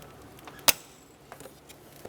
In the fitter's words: install the connector push it until you hear a click